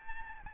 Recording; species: mosquito wingbeat signal from an infrared sensor; Aedes albopictus